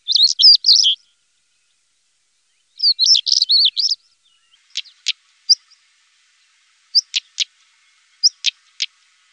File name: tarabilla comun